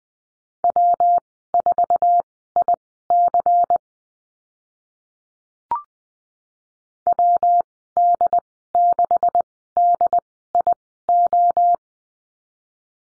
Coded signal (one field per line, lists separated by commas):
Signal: Morse code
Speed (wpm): 20 wpm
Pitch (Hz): 700 Hz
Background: none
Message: W4IC WD6DIO